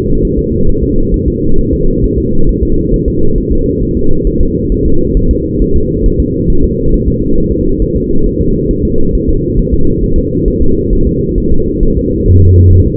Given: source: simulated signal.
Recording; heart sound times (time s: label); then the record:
fetal heart sounds
0.25 s: S1
0.39 s: S2
0.69 s: S1
0.83 s: S2
1.14 s: S1
1.28 s: S2
1.59 s: S1
1.73 s: S2
2.04 s: S1
2.18 s: S2
2.49 s: S1
2.63 s: S2
2.94 s: S1
3.08 s: S2
3.38 s: S1
3.52 s: S2
3.83 s: S1
3.97 s: S2
4.27 s: S1
4.41 s: S2
4.72 s: S1
4.86 s: S2
5.17 s: S1
5.31 s: S2
5.62 s: S1
5.76 s: S2
6.06 s: S1
6.20 s: S2
6.50 s: S1
6.64 s: S2
6.94 s: S1
7.08 s: S2
7.38 s: S1
7.52 s: S2
7.82 s: S1
7.96 s: S2
8.27 s: S1
8.41 s: S2
8.71 s: S1
8.85 s: S2
9.15 s: S1
9.29 s: S2
9.60 s: S1
9.74 s: S2
10.04 s: S1
10.18 s: S2
10.48 s: S1
10.62 s: S2
10.93 s: S1
11.07 s: S2
11.38 s: S1
11.52 s: S2
11.83 s: S1
11.97 s: S2
12.28 s: S1
12.43 s: S2
12.73 s: S1
12.87 s: S2
From the record:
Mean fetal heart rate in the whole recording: 135 bpm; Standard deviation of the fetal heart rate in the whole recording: 3 bpm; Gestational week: 36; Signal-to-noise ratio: -19.1 dB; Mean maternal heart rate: 72 bpm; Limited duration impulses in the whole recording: present